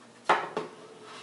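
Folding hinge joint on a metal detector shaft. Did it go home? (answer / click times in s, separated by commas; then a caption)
yes / 0.3 s. With the release button held, the folding hinge joint of a Fold-and-Go modification on an ACE 350 metal detector shaft is opened from the folded position. The hinge snaps and locks into place at 180 degrees with a sharp click at 0.3 s. A softer knock follows at 0.6 s and another sharp onset at 1.3 s.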